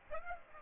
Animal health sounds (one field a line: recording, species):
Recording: mosquito wingbeat signal from an infrared sensor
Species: Aedes aegypti